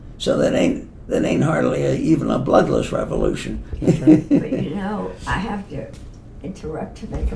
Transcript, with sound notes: So, that ain’t, that ain’t hardly a, even a bloodless revolution. [laughs]
If it helps, I have to interrupt to make a point.